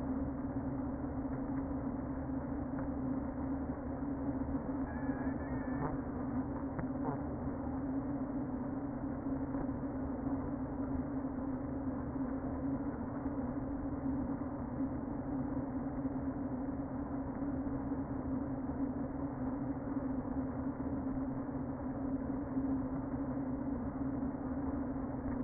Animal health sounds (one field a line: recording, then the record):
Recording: honeybee colony, microphone inside the hive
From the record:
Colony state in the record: queen present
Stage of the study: before two queens were removed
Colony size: about 60,000 bees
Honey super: yes